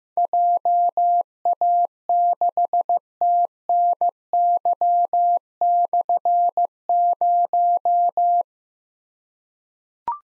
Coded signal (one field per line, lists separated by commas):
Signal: Morse code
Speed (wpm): 15 wpm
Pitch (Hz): 700 Hz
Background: none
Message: JA6TNY/0